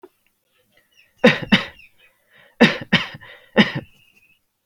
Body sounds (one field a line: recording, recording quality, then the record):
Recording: heavy voluntary cough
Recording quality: moderate, slight background noise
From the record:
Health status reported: healthy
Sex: male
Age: 29 years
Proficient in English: yes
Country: India